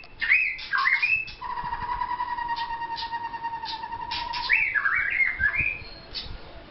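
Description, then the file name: White-rumped shama song, zigzag slurred whistles framing a long steady whistled note held for about three seconds, then more rising and falling phrases. Vietnam. "shama vietnam omkicau"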